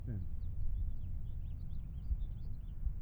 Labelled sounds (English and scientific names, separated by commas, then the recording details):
House Finch (Haemorhous mexicanus) song
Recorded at WGilgo Beach on Long Island, New York, on 22 May 1975
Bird F